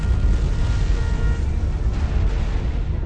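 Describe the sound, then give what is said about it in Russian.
A powerful explosion's deep boom rolls on as a loud, sustained low rumble and roar for about three seconds, steady throughout with no sharp peaks and no voices. “Вектор все еще мигала сигнальным фонарем, подтверждая получение приказа, как до Улисса донесся грохот мощного взрыва.”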